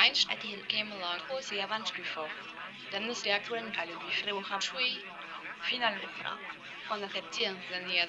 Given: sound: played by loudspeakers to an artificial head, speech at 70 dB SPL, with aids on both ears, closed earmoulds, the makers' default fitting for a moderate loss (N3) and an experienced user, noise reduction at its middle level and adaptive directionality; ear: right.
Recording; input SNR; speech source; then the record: speech test signal (ISTS) in cocktail-party noise; 0 dB; on the right (90 degrees)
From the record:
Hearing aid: class 1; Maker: F